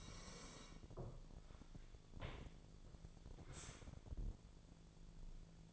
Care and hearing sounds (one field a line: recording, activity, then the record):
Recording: daily activity, microphone in the room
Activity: sit down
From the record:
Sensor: 5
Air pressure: 1000.6 hPa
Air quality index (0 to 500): 150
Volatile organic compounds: 2 ppm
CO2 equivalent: 1156 ppm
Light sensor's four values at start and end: 49/114/47/50 and 49/114/47/50